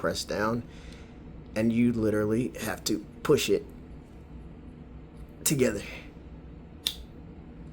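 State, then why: Seated. A folding knife is closed by pressing the lock down and pushing the steel blade into the handle. Someone talks, then one sharp click is heard at 6.9 s as the blade seats closed.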